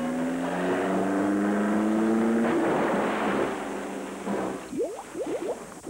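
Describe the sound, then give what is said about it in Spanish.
A car driving off-road drones steadily, then turns into a rough, noisy churning, ending in several short rising whines as the motor revs and the wheels spin without getting free of where it is stuck. “¡Me ha estropeado el coche!”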